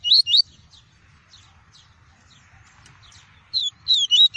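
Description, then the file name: Double-collared seedeater twittering: quick high slurred notes at the start, faint chips, then a rapid phrase of sharp high notes. Song of the "tui-tui" variety. "canto do papa capim tui tui"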